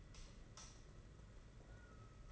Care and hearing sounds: daily activity, microphone in the room; light off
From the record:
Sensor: 4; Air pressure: 992.7 hPa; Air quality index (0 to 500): 168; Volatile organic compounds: 245 ppm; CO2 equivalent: 4348 ppm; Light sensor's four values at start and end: 5/10/4/4 and 4/8/3/3

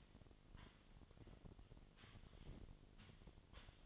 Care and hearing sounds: daily activity, microphone in the room; sweep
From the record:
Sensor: 4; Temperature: 28.5 degrees Celsius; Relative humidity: 34.1%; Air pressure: 1007.8 hPa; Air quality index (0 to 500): 192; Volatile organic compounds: 6 ppm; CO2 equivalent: 1922 ppm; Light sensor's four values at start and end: 23/73/28/27 and 23/73/28/27

